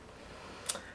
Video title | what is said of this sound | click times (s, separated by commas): [How to] Liquid cool GTX 1080 w/ NZXT Kraken - GIVEAWAY announcement- stick around for the end! | let me give it a little twist and then pull back up and it locks into place | 0.7 s